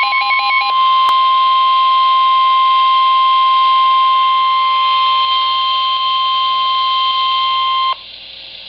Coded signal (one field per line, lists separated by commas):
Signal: Emergency Alert System (SAME) tones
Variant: 1050 Hz attention tone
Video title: Tornado Warning [EAS 24] | NOAA Weather Radio (6/12/2011)